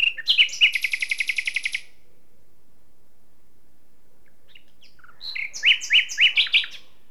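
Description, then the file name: Common nightingale song: a fast, even train of repeated notes, a long pause, then a loud, varied phrase. "Luscinia megarhynchos"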